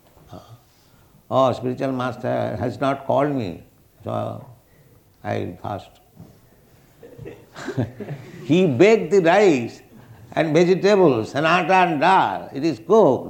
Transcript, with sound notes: "Oh, spiritual master has not called me, so I will fast." [laughter] He begged the rice and vegetables and āṭṭā and ḍāl. It is cooked.